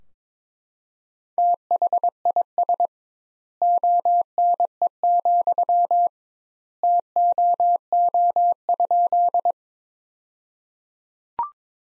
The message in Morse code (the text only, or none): THIS ONE, TOO?